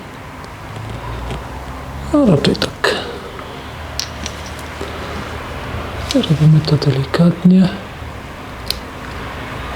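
During a speed chip (Speedbox 3.0) install on a FOCUS Jam2 6.7 e-bike with a 4th-generation Bosch drive unit, a wiring connector on the drive unit is pushed in gently while someone talks. A single sharp click at 8.7 s marks the connector seating.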